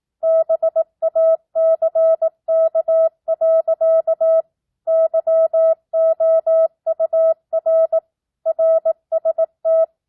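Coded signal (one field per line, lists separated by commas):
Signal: Morse code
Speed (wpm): 18 wpm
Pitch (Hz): 650 Hz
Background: none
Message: BACK. YOUR RST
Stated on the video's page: Practice at 18 wpm with non-Farnsworth spacing, simulating a ham-style two-way CW QSO; the responder makes and corrects a few mistakes.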